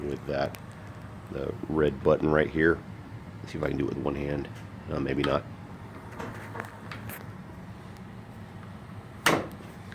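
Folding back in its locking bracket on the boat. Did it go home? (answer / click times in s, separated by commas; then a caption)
yes / 9.3 s. On a 2017 Bass Cat Sabre FTD boat, someone talks while pressing the red release button to raise and lower the folding seat back, trying to do it one-handed. The back is pushed into position in its locking bracket and latches with a sharp knock at 9.3 s, locking in place.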